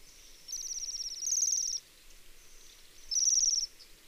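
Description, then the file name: Bohemian waxwing trilled calls, thin ringing buzzes high in pitch, one long burst then a shorter one after a pause of just over a second. "Sidensvans"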